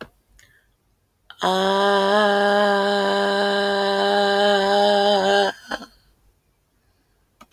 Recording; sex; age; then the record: vowel held as long as possible; female; 40 to 49 years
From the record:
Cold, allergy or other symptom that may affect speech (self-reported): yes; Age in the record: 41 years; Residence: Kentucky, United States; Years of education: 17